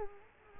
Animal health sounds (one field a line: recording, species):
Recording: mosquito wingbeat signal from an infrared sensor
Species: Culex quinquefasciatus